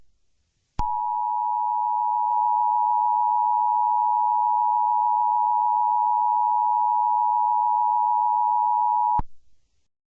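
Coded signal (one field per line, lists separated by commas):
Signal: Emergency Alert System (SAME) tones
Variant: 853 and 960 Hz attention tone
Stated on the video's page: Fictional EAS scenario using valid EAS tones, Persona 4 inspired.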